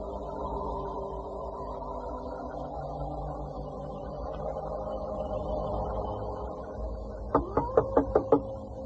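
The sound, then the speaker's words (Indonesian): A steady low hum runs for several seconds, then five quick, sharp knocks on the door of a house come in an even rhythm near the end, louder than the background. “Dia mengetuk pintu kita lagi, Mak.”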